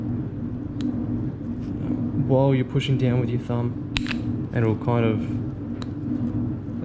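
A metal wrist pin circlip is worked toward the groove of a forged aluminium piston for a 2JZ bottom end, using a pick in the groove and thumb pressure. Someone talks over a steady low rumble, with faint short ticks near 0.8 s and 5.8 s. Nothing has seated or clicked yet.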